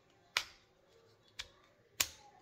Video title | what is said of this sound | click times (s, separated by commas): Best way to mount GoPro with mic adapter !!! | until it clicks | 2.0 s